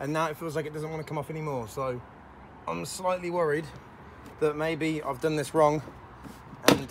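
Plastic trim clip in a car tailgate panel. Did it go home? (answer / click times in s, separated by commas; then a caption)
released / 6.7 s. Someone talks while pulling a plastic trim piece off the tailgate of a VW Scirocco during a rear wiper delete with a Kill All Wipers kit. At 6.7 s one of the panel's plastic retaining clips lets go with a single sharp click; the clip has simply released and the clips are fine.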